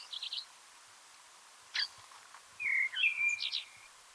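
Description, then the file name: Eurasian blackbird song: a few high chirps, a short pause, then a fluted, warbling phrase that ends in higher squeaky twitters. "Turdus merula"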